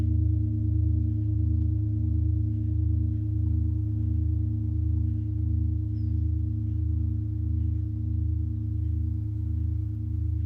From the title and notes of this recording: Tibetan Singiing Bowl のサウンドヒーリング.